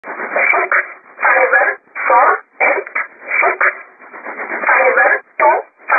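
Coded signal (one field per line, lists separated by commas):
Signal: numbers station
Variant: E11 Oblique, English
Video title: 05 12 2017 Numbers station E11 Oblique in English to Eu 0717 on 9130 unknown tx site in USB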